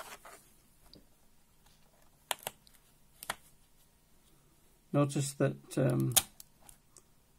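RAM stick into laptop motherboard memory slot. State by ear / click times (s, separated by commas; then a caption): seated / 2.3 s. A RAM stick is pressed into a laptop motherboard's memory slot until the retaining clips snap it in, giving a sharp click at 2.3 s, followed by a few fainter ticks. Someone then talks, and the module is seated.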